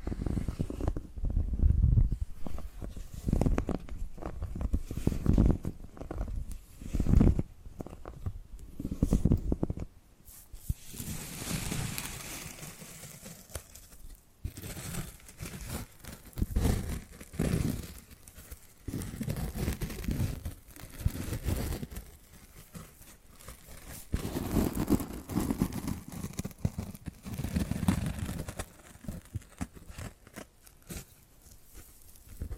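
Tapping and scratching sounds come in quick, uneven bursts throughout, with sharp taps clustered in the first ten seconds. After that, longer scratchy strokes and softer rubbing take over, broken by brief pauses and occasional louder knocks near 15 and 25 seconds.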